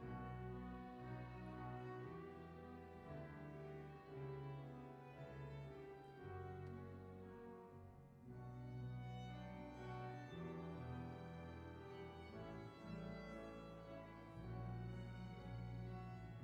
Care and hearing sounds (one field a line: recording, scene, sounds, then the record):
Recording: everyday scene through a hearing-aid microphone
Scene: reverberant space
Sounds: music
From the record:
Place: church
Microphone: behind the ear, left, rear